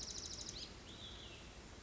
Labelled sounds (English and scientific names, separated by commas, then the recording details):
Olive-sided Flycatcher (Contopus cooperi)
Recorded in Sonoma County, California